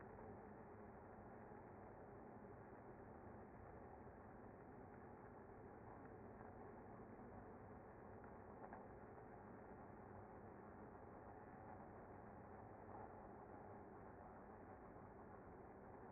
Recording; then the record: honeybee colony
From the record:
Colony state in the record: active